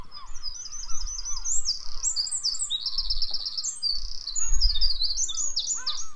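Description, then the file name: Eurasian wren, rapid high-pitched trills and rattling runs of notes, with softer lower whistles and a steady low rumble underneath. "Troglodytes troglodytes"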